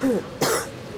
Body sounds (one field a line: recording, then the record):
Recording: coughing mixed with background sound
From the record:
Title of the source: 30 Chesty and wet cough